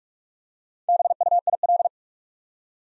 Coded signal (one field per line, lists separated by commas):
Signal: Morse code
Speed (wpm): 44 wpm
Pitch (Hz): 700 Hz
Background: none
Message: BUIL